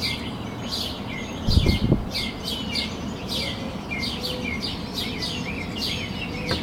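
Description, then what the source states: Birds chirping in a busy chorus of short high notes, a brief low thumping noise near the start, and constant low background rumble. Recorded at sunrise from a balcony in Denton, Texas.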